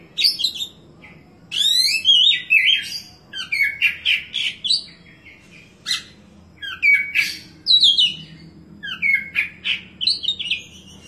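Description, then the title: Oriental magpie-robin song: rich, rapidly changing phrases of whistled slurs, upward sweeps and harsh chattering notes, delivered in bursts of a second or two separated by brief gaps. "Kacer"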